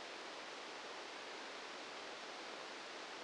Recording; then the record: brain microelectrode recording played as sound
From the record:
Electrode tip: outside the subthalamic nucleus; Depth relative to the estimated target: -8 mm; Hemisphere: left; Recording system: NeuroSet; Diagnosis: Parkinson's disease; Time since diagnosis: 8 years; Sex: male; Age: 59 years